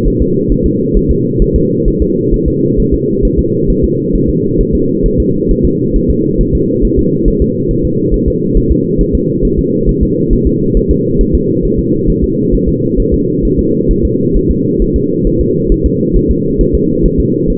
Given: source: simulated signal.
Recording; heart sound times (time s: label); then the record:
fetal heart sounds
0.08 s: S1
0.22 s: S2
0.52 s: S1
0.66 s: S2
0.97 s: S1
1.11 s: S2
1.42 s: S1
1.56 s: S2
1.88 s: S1
2.02 s: S2
2.34 s: S1
2.48 s: S2
2.80 s: S1
2.94 s: S2
3.25 s: S1
3.39 s: S2
3.70 s: S1
3.84 s: S2
4.15 s: S1
4.30 s: S2
4.61 s: S1
4.75 s: S2
5.06 s: S1
5.20 s: S2
5.51 s: S1
5.65 s: S2
5.96 s: S1
6.10 s: S2
6.41 s: S1
6.55 s: S2
6.85 s: S1
6.99 s: S2
7.28 s: S1
7.42 s: S2
7.71 s: S1
7.85 s: S2
8.14 s: S1
8.28 s: S2
8.57 s: S1
8.72 s: S2
9.01 s: S1
9.15 s: S2
9.45 s: S1
9.59 s: S2
9.89 s: S1
10.03 s: S2
10.33 s: S1
10.47 s: S2
10.77 s: S1
10.91 s: S2
11.21 s: S1
11.35 s: S2
11.65 s: S1
11.79 s: S2
12.10 s: S1
12.24 s: S2
12.54 s: S1
12.69 s: S2
13.00 s: S1
13.14 s: S2
13.45 s: S1
13.59 s: S2
13.91 s: S1
14.05 s: S2
14.37 s: S1
14.51 s: S2
14.82 s: S1
14.96 s: S2
15.27 s: S1
15.41 s: S2
15.72 s: S1
15.86 s: S2
16.16 s: S1
16.31 s: S2
16.61 s: S1
16.75 s: S2
17.06 s: S1
17.20 s: S2
17.50 s: S1
From the record:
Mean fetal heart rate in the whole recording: 135 bpm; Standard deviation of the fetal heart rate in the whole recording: 3 bpm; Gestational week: 36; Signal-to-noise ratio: -11.2 dB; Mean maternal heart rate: 72 bpm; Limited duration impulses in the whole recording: present